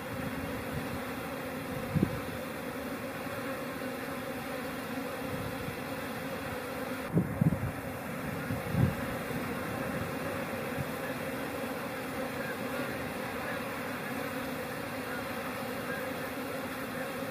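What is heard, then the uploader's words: Bees crowd a hive entrance, their buzzing merging into a steady, dense, low hum that holds throughout. A few individual bees zip past, louder for a moment, around two seconds and again near seven to nine seconds. A faint thin whine sits high above. The sounds and view from a busy hive entrance in March.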